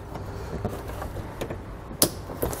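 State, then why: Seated. A Curt trailer wiring T-connector harness plug, the one with the yellow wires, is pushed into the factory taillight connector on the driver's side of a 2020 Toyota RAV4. Over low background rumble, a few light plastic ticks come before a sharp click at 2.0 s, when the plastic lock catches and the plug seats. Two softer clicks follow near 2.4 and 2.5 s.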